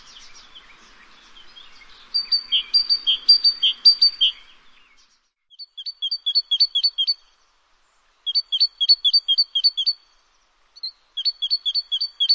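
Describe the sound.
Bird song of bright, high chirps in rapid phrases of several notes, repeated after brief gaps; softer twittering at the start.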